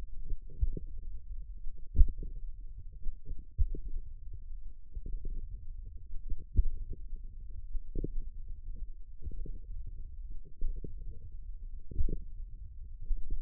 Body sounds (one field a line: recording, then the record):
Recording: forearm muscle sounds (acoustic myography)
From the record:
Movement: tripod grip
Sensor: system 1, eight BSWA MPA416 microphones around the upper forearm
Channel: 6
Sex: female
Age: 21 years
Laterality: right